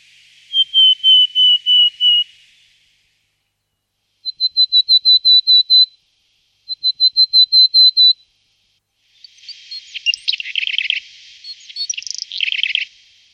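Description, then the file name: Willow tit: a falling series of clear piping notes, two quicker runs of short even notes, then harsh, buzzy nasal calls repeated several times at the end. "sýkora-lužní"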